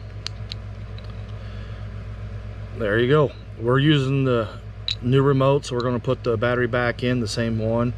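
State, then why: Released. A coin cell battery is lifted up and out of the plastic holder tabs in a 2017 Chevrolet Malibu 5-button smart key remote. It pops free with sharp clicks at 0.3 s and 0.5 s over a low steady hum. Someone then talks, and the battery is released from the holder.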